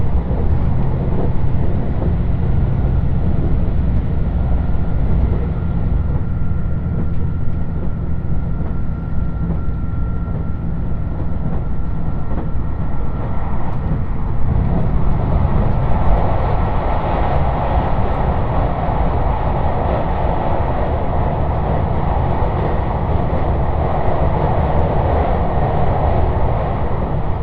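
A diesel limited express train on the Yosan Line runs steadily, its engine a constant low rumble with a dense rattle of wheels and carriage. Faint whining tones sit above the drone, and around fifteen seconds the sound grows brighter and harsher, then holds.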